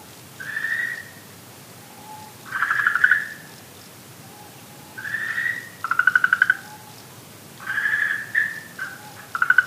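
Okinawa green tree frog calling in alternating smooth notes and pulsed rattling bursts, about every one to two seconds, with soft lower notes in the gaps.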